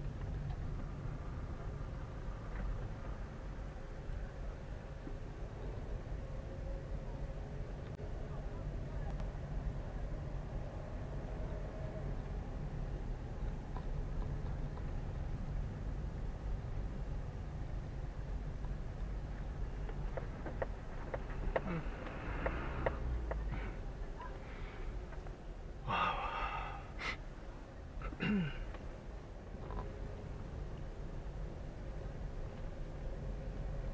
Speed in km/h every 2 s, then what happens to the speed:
10, 8, 8, 10, 11, 11, 12, 11, 10, 9, 7, 7, 6, 5, 7, 8, 9.
0-34 steady at about 9.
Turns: none.